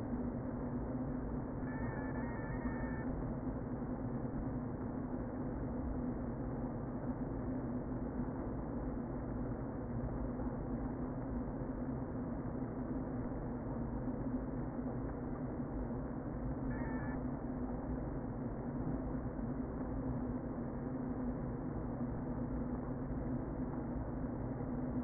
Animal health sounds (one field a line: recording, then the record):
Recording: honeybee colony, microphone inside the hive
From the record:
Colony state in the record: queen present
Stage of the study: before two queens were removed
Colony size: about 60,000 bees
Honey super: yes